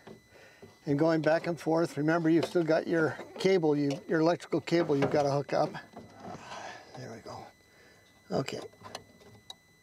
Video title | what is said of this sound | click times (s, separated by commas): Fix Your BMW E38 Rear Window - Easy Regulator Replacement Guide (1994-2001) | it up there hear the click | 9.5 s